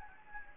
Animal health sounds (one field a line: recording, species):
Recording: mosquito wingbeat signal from an infrared sensor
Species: Anopheles gambiae